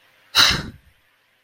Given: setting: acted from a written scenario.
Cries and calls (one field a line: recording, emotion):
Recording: vocal sound without words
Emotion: anger